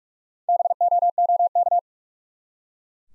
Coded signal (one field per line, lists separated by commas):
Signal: Morse code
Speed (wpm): 44 wpm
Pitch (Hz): 700 Hz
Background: none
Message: BOOK